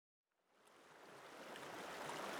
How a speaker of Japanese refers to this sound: あ、見て見てダーリン、こんなところに川が流れてる。 いや本当だねハリー、ちょっと見ていこうか。 やだ、でもこの川狭いし汚い。